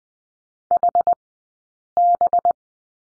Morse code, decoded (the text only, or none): HB